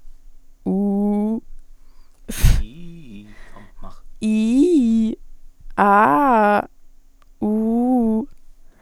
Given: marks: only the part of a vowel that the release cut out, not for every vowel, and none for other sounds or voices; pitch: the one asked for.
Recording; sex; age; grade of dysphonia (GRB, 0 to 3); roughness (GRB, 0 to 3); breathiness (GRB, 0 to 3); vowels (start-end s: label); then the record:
sustained vowels; female; 18 to 19 years; 0; 0; 0
0.72-1.33 s: vowel /u/, low pitch
4.28-5.06 s: vowel /i/, low-high-low pitch
5.84-6.54 s: vowel /a/, low-high-low pitch
7.47-8.17 s: vowel /u/, low-high-low pitch
From the record:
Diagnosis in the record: healthy voice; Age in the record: 19 years